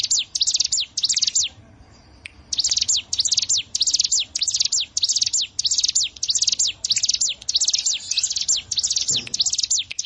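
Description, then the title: Prinia song of rapid, high, downslurred chips in tight bursts, stopping for a moment early on and then continuing steadily. "Ciblek Sawah"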